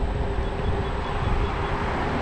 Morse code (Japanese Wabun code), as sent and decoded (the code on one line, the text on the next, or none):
none